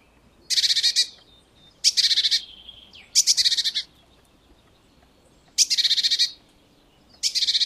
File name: Parus major